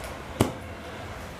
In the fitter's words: It makes a clicking sound.